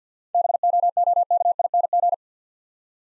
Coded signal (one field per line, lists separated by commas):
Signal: Morse code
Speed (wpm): 52 wpm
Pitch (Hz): 700 Hz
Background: none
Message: BOOKING